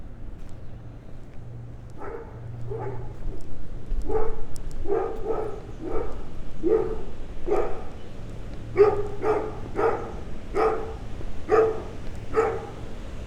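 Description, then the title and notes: Dog barking in single and paired barks, irregular at first, then a quicker steady run of barks toward the end, over low rumbling background noise. Dog barking during a walk to the Moulin Banal mill, Rue des Comtes de Robiano 4, Braine-le-Château, Belgium; recorded with Lom mikroUsi microphones in AB position into a Sony PCM-M10. "Rue des Comtes de Robiano 4, 1440 Braine-le-Château, Belgique - Moulin Banal and dog. Walking to the mill, a dog barks. Marche vers le moulin banal, un chien aboie"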